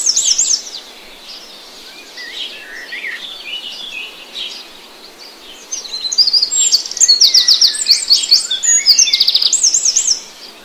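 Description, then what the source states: Birdsong: a brief whistled phrase, a quieter stretch of chirps, then dense fast trills and looping high whistles toward the end. In grass, in the morning.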